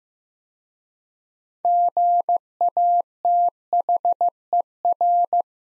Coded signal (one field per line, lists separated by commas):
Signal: Morse code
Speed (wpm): 15 wpm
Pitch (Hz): 700 Hz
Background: none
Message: GATHER